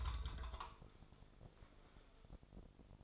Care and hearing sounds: daily activity, microphone in the room; take from stove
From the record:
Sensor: 5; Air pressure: 995.5 hPa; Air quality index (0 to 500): 97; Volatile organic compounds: 6 ppm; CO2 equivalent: 1842 ppm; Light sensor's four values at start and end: 34/80/33/34 and 35/84/34/35

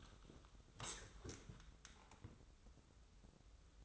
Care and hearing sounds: daily activity, microphone in the room; sit down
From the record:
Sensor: 3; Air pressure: 994.4 hPa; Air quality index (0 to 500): 199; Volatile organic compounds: 1000 ppm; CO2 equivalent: 6599 ppm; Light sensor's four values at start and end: 164/389/164/163 and 119/276/115/109

